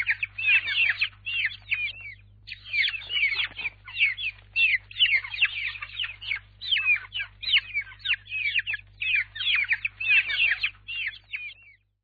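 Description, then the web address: Chicken chicks giving shrill, falling cheeps in busy overlapping bursts, with brief pauses between clusters, over a steady low hum. Young chicks. "Sound Effects Special FX 2. Chicks"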